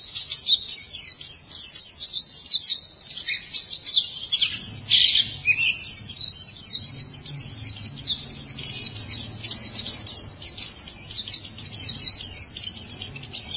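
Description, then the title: White-eye song, a dense stream of very high, rapid chattering notes and trills continuing almost without pause. "Kicauan Burung Pleci"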